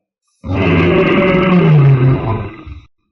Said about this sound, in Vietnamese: Sa thú cực lớn bỗng nhiên ngẩng đầu, ngửa mặt lên trời phát ra một tiếng rống to thê lương.